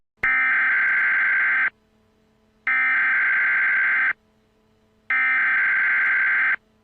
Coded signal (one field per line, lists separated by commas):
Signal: Emergency Alert System (SAME) tones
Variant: header bursts